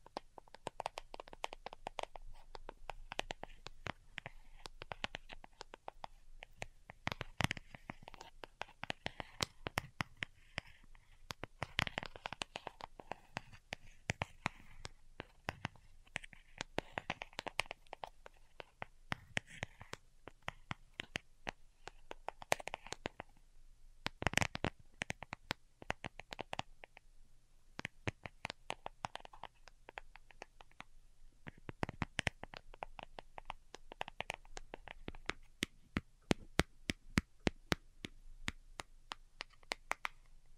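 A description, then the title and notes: Delicate tapping runs throughout, a dense stream of light, crisp taps with soft scratching textures between them. The rhythm is irregular, with busy clusters and brief pauses, and a few sharper, brighter taps stand out around 24 seconds and near the end. ASMR DELICATE Tapping for Sleep (No Talking).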